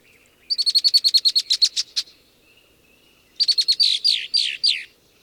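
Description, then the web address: Red-winged blackbird calls: a rapid stuttering run of high repeated notes, a pause, then another quick series ending in swooping slurred notes. North America. "Songs of Birds of North America Know Your Bird Sounds Common Western Species 46-Red-winged Blackbird"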